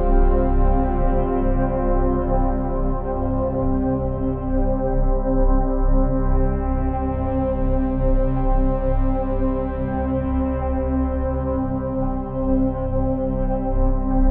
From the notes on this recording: Peaceful chords rise and fall as a delta wave slowly hums below the surface